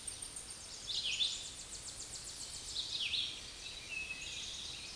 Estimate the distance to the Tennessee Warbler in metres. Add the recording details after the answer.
about 70 m. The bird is about 20 m above the microphone. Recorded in a Pennsylvania forest on 16 May 2024 at 07:07. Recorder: AudioMoth, point MSD-2391. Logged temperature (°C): 15.0 °C. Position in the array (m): 51 m, 62 m